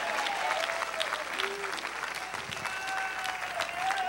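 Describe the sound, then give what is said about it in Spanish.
Thin, lackluster clapping from a crowd continues steadily for a few seconds, a scattered patter of hands with faint voices and tonal sounds mixed in underneath. “Bueno, ese aplauso aguado, agárrenlo para ustedes.”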